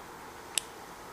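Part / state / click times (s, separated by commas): blade lock button on a folding pocket knife / released / 0.6 s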